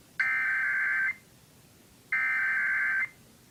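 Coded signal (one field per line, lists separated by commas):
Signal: Emergency Alert System (SAME) tones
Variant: header bursts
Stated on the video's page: Compilation of Required Weekly and Monthly EAS tests recorded from several broadcast stations.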